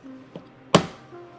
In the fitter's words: there is it clicked in there